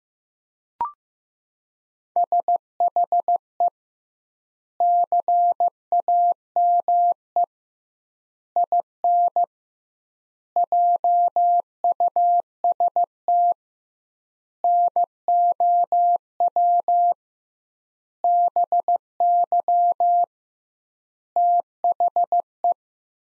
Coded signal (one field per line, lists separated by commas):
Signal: Morse code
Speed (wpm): 15 wpm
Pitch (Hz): 700 Hz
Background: none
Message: SHE CAME IN JUST NOW BY THE